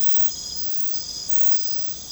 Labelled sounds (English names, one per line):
none